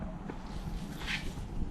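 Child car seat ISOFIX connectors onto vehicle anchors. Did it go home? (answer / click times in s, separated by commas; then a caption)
no / none. A Glowy Star i-Orbitta child car seat (i-Size, ECE R129) is handled as its ISOFIX connectors are pushed toward the vehicle's anchors. Only a steady low rumble and soft handling noise are heard, with no sharp sounds. Nothing has seated or clicked yet.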